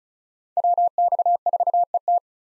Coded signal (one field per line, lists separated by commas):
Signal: Morse code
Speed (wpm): 36 wpm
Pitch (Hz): 700 Hz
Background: none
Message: WX4ET